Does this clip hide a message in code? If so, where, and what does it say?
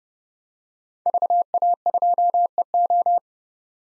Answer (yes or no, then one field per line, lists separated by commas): yes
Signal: Morse code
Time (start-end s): 1.1-3.2 s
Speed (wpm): 30 wpm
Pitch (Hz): 700 Hz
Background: none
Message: VA2EO